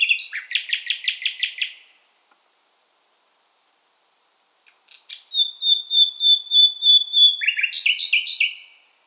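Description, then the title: Common nightingale song: a rapid repeated series, about three seconds of silence, then a long pure whistled note followed by a quick chattering run. African migrant species; bird singing in full voice. "LS REVISITED - NIGHTINGALE IN FULL VOICE"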